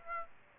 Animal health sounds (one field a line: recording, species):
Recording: mosquito wingbeat signal from an infrared sensor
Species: Aedes aegypti